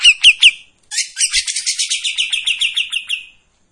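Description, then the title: Streak-eared bulbul: three crisp descending chirps, a brief pause, then a rapid, pulsing series of bright high notes that trails off. Sings energetically in tembakan and long besetan styles; intended as a training song for white-rumped shamas. "KAPAS TEMBAK GACOR TEMBAKAN DAN BESETAN PANJANG MASTERAN MURAI BATU PASTOL"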